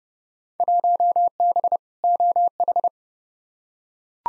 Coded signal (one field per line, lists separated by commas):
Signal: Morse code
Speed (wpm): 30 wpm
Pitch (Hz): 700 Hz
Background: none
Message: 1B OH